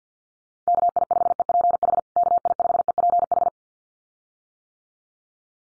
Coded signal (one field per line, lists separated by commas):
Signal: Morse code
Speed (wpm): 50 wpm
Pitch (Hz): 700 Hz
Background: none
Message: KI5EPH KI5EPH